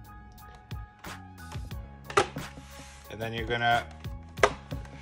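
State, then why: Seated. A cleaned plastic bottom case is fitted onto a PS4 console body, front first and then pressed down at the back so its clips snap into the chassis. Someone talks over background music, and a sharp click at 4.4 seconds marks the case clipping into place. The bottom case is seated.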